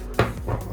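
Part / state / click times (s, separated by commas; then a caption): plastic tail piece into the body of a toy sea-reptile figure / not seated / none. The plastic tail of a toy mosasaurus figure is pushed into its body to snap it in place. A single loud knock is heard at about 0.2 s, followed by softer handling noise. The tail has not snapped in yet.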